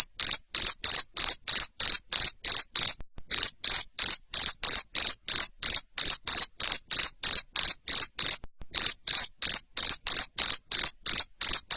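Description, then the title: Cricket chirping in a long, fast, regular sequence of shrill pulses, broken by two brief silences. Loud cricket chirping used to make lovebirds keep singing (ngekek). "Suara JANGKRIK NGERIK Keras Bikin LOVEBIRD Jadi NGEKEK Terus Vubey"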